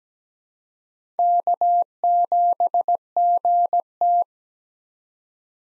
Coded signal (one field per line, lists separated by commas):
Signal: Morse code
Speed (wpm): 17 wpm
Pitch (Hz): 700 Hz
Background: none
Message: K7GT